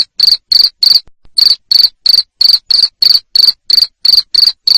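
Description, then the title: Cricket calling with shrill pulsed chirps in a quick regular beat, around three a second, pausing briefly once early on. Loud cricket chirping played to stimulate lovebirds into continuous ngekek singing. "Suara JANGKRIK NGERIK Keras Bikin LOVEBIRD Jadi NGEKEK Terus Vubey"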